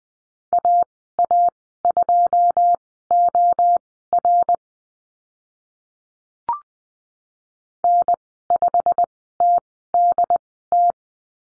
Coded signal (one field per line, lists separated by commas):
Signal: Morse code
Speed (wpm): 20 wpm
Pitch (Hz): 700 Hz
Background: none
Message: AA2OR N5TDT